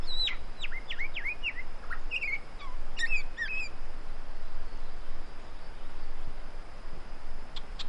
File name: great woodswallow